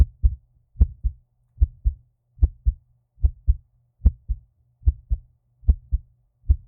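Steady paired low thumps of an adult woman's heartbeat, heard as if lying in her arms against her chest, regular rhythm at about 74 beats a minute.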